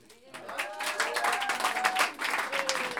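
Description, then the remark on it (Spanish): An audience at an intimate concert breaks into applause to encourage a musician to sing his song, a dense patter of many hands clapping steadily for a few seconds, with faint cheering voices mixed in. “Y yo quería pedirle a él, si es que ustedes le dan un aplauso y que se anima, a que nos cante esa canción.”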